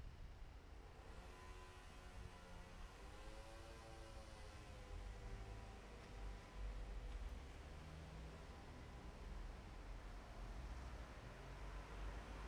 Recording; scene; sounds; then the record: everyday scene through a hearing-aid microphone; in traffic; traffic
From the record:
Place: bus stop on a city main road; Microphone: behind the ear, left, front